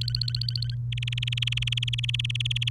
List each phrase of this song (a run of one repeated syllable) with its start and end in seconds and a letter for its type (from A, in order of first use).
0.02-0.74 A, 0.92-2.69 B